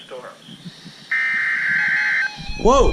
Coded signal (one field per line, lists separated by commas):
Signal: Emergency Alert System (SAME) tones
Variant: header bursts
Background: speech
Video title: ALL HAIL THE HAIL | EAS Alerts from 6/14/20 thru 6/15/20 | EAS #67-76